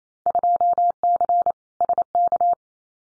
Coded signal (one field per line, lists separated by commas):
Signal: Morse code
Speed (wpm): 28 wpm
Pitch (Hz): 700 Hz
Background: none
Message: 2C SK